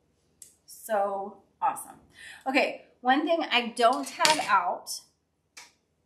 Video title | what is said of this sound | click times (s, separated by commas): New Spring/Summer 2022 products! | snaps back in for a purple | 0.4 s